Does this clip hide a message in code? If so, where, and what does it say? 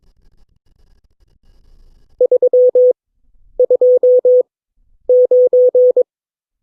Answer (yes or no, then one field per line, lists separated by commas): yes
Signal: Morse code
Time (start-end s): 2.2-6.0 s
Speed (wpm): 22 wpm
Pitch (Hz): 500 Hz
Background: none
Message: 329